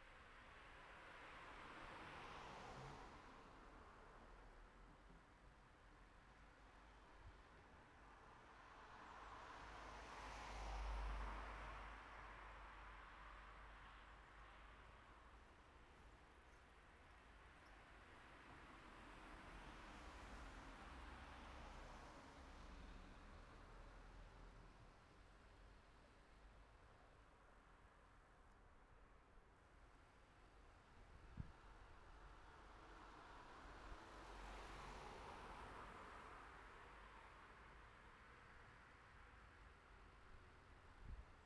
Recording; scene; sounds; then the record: everyday scene through a hearing-aid microphone; in traffic; traffic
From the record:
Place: city secondary road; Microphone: behind the ear, right, rear